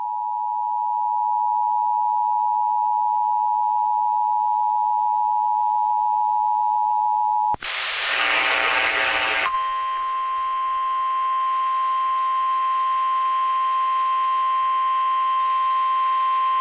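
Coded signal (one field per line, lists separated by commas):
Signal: Emergency Alert System (SAME) tones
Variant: 853 and 960 Hz attention tone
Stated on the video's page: Severe thunderstorm warning received on AM broadcast station.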